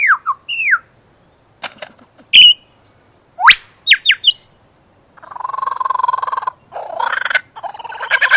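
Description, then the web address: Superb lyrebird song of descending whistles, sharp cracking sweeps and snapping notes, then a long buzzing, grating stretch and rough chattering toward the end. "earth naturelibrary assets s su superb lyrebird"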